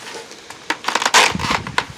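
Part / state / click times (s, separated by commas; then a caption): metal skirting panel into skirting top rail / seated / 1.8 s. A worker pushes a cut section of metal roof panel, used as mobile-home skirting, up into the top rail. A series of scraping, crunching metal impacts builds to a sharp snap at 1.8 s as the panel seats in the rail. No one talks.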